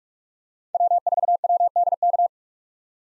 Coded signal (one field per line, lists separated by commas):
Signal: Morse code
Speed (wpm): 46 wpm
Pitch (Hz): 700 Hz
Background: none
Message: W4WDK